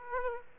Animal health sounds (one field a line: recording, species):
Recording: mosquito wingbeat signal from an infrared sensor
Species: Aedes aegypti